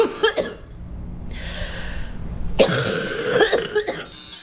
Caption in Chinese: 肺热之痰首先它是黏的，粘稠的， 另外一个呢它往往是黄色的，咳的时候不太好咳出来，咳的黏相对要 就是费力一些。 有一种气道粘稠感。对，它气道里有那种黏黏的痰，所以它咳出来可能有点痰鸣的声音。 咳嗽声带有痰音的很好区分。 像肺热之痰，口干口苦。 流的是黄鼻涕，流黄鼻涕，嗓子疼的，有的说 热疼，烧疼的。 病期也是一个多月。